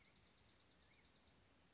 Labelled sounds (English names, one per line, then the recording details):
Dark-eyed Junco
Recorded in Sonoma County, California